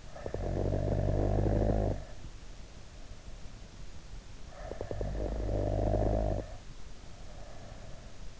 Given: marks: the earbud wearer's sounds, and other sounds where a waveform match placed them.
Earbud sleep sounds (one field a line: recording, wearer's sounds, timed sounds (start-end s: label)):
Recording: sounds in sleep by an in-ear microphone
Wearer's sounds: snoring breath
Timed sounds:
0.00-3.39 s: snoring breath
4.52-8.22 s: snoring breath